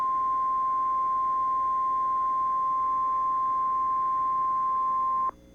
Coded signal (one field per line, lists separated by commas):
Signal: Emergency Alert System (SAME) tones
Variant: 853 and 960 Hz attention tone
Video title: EAS 1648: NWS Des Moines Tornado Warning